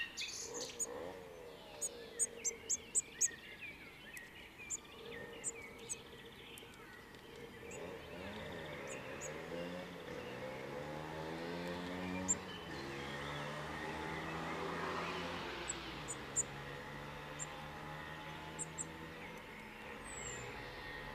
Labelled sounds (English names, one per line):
Common Blackbird